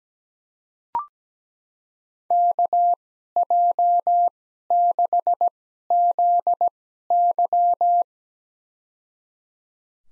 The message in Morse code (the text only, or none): KJ6ZY